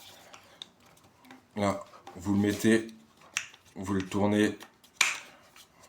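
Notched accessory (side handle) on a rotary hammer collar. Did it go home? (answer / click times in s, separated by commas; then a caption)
yes / 5.0 s. Someone talks while fitting a notched accessory, probably the side handle, onto the collar of a Makita LTX cordless rotary hammer and turning it. There are brief handling taps at 0.6 s and 3.4 s, then the accessory clips in automatically with a sharp snap at 5.0 s and is seated.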